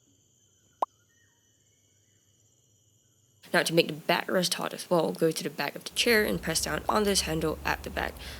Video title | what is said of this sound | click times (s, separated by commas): Is this the Best Heavy-Duty Camp Chair Ever? – YETI Trailhead Review | Each armrest comes with its own locking mechanism. And each should click into place when you push down on them. | 0.8 s